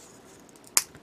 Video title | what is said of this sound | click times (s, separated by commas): *GundamCustom* 1/100 GM Command Black Ops - Part 11 | shoulder here snap into place like so | 0.8 s